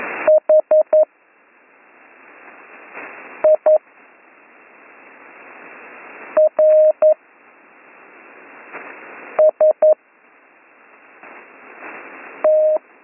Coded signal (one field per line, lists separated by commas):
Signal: Morse code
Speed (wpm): 11 wpm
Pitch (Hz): 620 Hz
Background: none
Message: HIRST